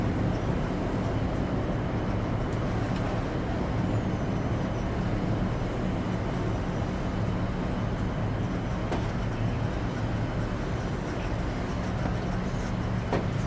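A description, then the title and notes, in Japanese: A shuttle hums steadily from start to finish, a dense low rumble with a soft hiss above it that never rises or falls. A couple of faint, short clicks stand out near nine seconds and again just before the end. NASAの宇宙シャトル内で最も穏やかで雰囲気のある音をお届けします。シャトルの繊細なブーンと柔らかなビープ音。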